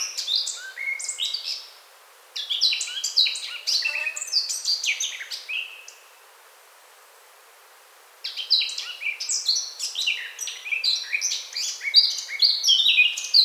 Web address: SETE Sylvia atricapilla